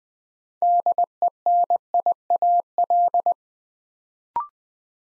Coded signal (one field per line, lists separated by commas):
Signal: Morse code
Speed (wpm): 20 wpm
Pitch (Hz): 700 Hz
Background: none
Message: DENIAL